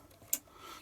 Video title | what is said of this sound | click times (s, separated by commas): LEGO Star Wars The Dark Falcon 75389 Build and Review | So the other one, we'll test that one. About there, clicks, | 0.3 s